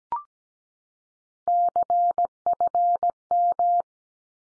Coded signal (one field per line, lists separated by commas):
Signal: Morse code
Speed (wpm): 17 wpm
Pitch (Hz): 700 Hz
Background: none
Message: CFM